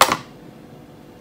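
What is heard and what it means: An aerosol refill can is pushed into the plastic housing of a Glade Touch and Fresh minispray air freshener. A sharp click at 0.0 s is followed by a smaller second click at 0.1 s, then quiet. The can seats with a click even though it is apparently inserted the tempting, wrong way round.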